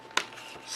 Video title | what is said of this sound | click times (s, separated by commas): HP G1 820 Battery Fix Elitebook | down and just snaps right into place | 0.2 s